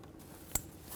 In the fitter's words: Make sure it clicks.